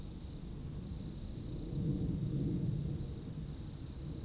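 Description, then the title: Insects keeping up a steady shrill chorus, with a louder low rumble in the middle. Insects in roadside bank and trees at dusk, first hairpin of Col du Chat road, Bourdeau, France; plane and a few vehicles; recorded on Tascam DAP1 DAT, from a 2006 CDR. "route col du Chat, Bourdeau, France - Tutti insectes"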